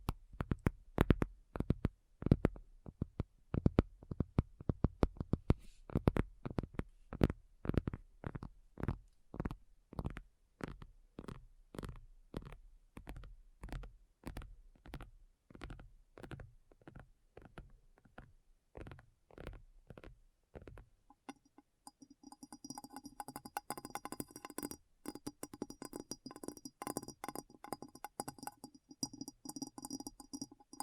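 Quick, regular tapping with deep thuds runs for about twenty seconds, then gives way to denser, brighter scratching and crackling until the end.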